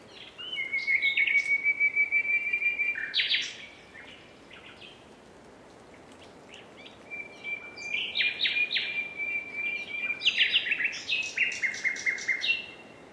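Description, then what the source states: Common nightingale singing a long pure whistle run into a pulsing rapid trill, a pause, then another sustained whistle and a cascade of sharp repeated notes. Recording described as a nightingales' concert.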